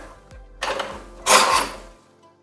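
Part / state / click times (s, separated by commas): telescoping handle into mobility scooter frame / not seated / none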